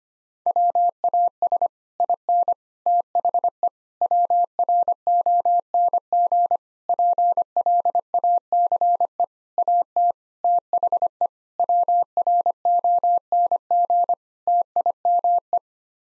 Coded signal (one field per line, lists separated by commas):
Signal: Morse code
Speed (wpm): 25 wpm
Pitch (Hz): 700 Hz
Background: none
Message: WAS IN THE WRONG PLACE AT THE WRONG TIME